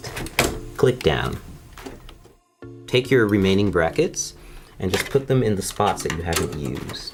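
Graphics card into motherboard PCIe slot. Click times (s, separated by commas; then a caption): 0.4 s. A graphics card is pushed into the top PCIe x16 slot on a motherboard, lined up with the case's rear bracket, chosen because the SSD sits at the bottom and the card shouldn't cover it. A sharp, loud click at 0.4 s marks the card seating in the slot, and then someone talks.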